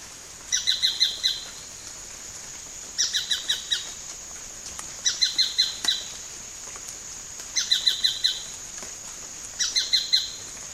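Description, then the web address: Tacarcuna tapaculo: steady series of clipped note bursts, each of four or five sharp notes, coming about every two to two and a half seconds over soft hiss. "sound Tacarcuna-tapaculo. دانلود-صدای-پرنده-تپلک-پانامایی"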